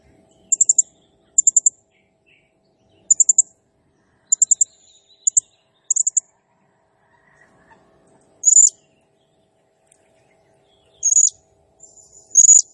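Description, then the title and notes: Blue-crowned hanging parrot repeating short bursts of two or three very high chirps, then switching to several longer, strident buzzy squeals spaced a few seconds apart. Calling vigorously (gacor, 'nembak'); used as a masteran training sound and lure, said to provoke all other birds. "Burung Serindit Nembak Gacor Bikin Emosi Semua Burung. Suara Nasteran Dan Pemikat Burung Serinditan Gacor"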